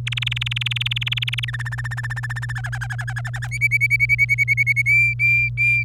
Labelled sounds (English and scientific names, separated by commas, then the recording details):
Domestic Canary (Serinus canaria) song
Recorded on 27 April 2018 at 10:26
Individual llb3